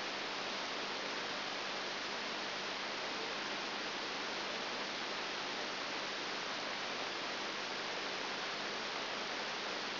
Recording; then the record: brain microelectrode recording played as sound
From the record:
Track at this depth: outside the subthalamic nucleus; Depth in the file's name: 0.306 mm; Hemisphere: left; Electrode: 3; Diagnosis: Parkinson's disease